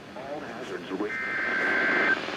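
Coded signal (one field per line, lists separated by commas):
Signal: Emergency Alert System (SAME) tones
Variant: header bursts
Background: speech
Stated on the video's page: Tornado warning received from NOAA Weather Radio station.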